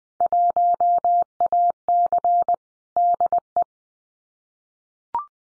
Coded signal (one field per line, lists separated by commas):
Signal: Morse code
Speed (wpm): 19 wpm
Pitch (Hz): 700 Hz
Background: none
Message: 1AC DE